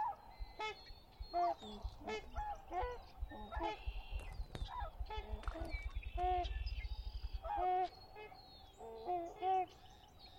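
At Conner's Lake on a chilly spring dawn, geese honk repeatedly in overlapping bursts, with a low rapid pulsing midway through.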